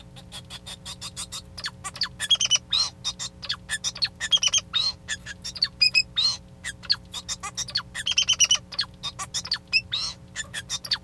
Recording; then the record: song of a male Bengalese finch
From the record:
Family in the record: son of father 2